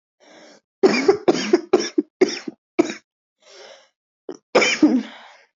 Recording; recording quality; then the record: heavy voluntary cough; excellent, no background noise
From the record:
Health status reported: healthy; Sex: female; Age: 19 years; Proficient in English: yes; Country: India